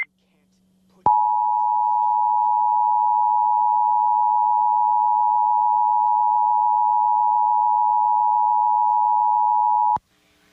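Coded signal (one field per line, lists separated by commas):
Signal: Emergency Alert System (SAME) tones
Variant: 853 and 960 Hz attention tone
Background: speech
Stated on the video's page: Nintendo Switch logo parody in EAS style.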